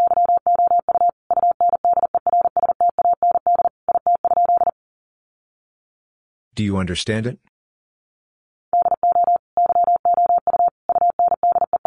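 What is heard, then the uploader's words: Words are sent in Morse code as a steady, mid-pitched tone keyed on and off in quick dots and dashes, grouped with short gaps. The beeping stops near five seconds; a brief burst of speech sounds around seven seconds, then silence before the code resumes near nine seconds. Sentences from Top 600 Words 40wpm. First, the words are sent in Morse code. Then it is spoken.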